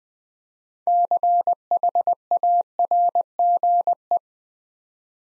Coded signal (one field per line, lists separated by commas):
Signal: Morse code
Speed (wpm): 20 wpm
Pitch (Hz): 700 Hz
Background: none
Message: CHARGE